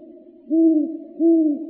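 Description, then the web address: Great horned owl giving two deep, drawn-out hoots about three-quarters of a second apart over a quiet, low hum. Arizona, 23 September 2007. "Owls AZFO GHOW 5 deviche 092307"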